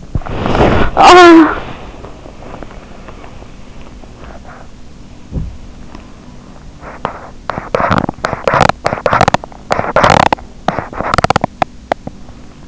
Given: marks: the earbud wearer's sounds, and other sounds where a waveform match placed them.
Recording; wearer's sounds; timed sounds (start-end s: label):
sounds in sleep by an in-ear microphone; body movement, talking in sleep
0.00-4.77 s: body movement
0.94-1.73 s: talking in sleep
6.97-12.67 s: body movement